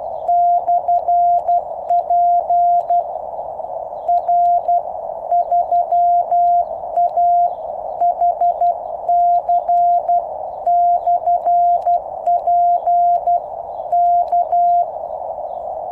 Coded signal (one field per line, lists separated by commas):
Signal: Morse code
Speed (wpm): 12 wpm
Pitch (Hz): 700 Hz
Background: none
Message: /P R3AHC /P K